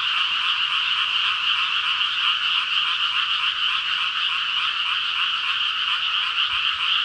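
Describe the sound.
Frog chorus of many overlapping rapid pulsed calls, forming an unbroken buzzy trilling drone that holds steady in loudness for the whole stretch.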